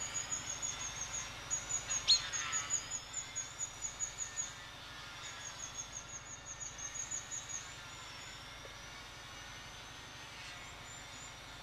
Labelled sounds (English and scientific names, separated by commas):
Common Chaffinch (Fringilla coelebs) call